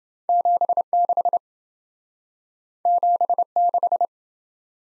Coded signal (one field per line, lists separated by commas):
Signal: Morse code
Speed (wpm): 27 wpm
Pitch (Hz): 700 Hz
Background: none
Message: 76 76